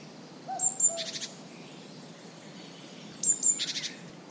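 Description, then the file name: Great tit churring calls, two short buzzy rattles about three seconds apart, each after thin high notes, with a few soft low whistled notes. "Parus major"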